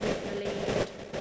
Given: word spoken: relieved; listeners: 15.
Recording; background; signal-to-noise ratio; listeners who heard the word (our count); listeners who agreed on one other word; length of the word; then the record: one English word in noise, from a listening test; noise modulated by three-talker babble; -7.2 dB; 1 of 15; 7 of 15; 0.81 s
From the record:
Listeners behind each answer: 7, 2, 1, 1, 1, 1, 1, 1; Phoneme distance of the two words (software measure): 10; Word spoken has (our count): 2 syllables, 6 phonemes, stress on syllable 2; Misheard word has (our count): 2 syllables, 6 phonemes, stress on syllable 2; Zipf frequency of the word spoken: 4.09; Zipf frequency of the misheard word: 4.61